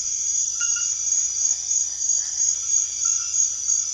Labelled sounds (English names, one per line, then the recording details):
none
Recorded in secondary vegetation near Puerto Asís, Putumayo, Colombia, on 24 June 2025 at 22:00
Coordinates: 0.500, -76.326
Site GP08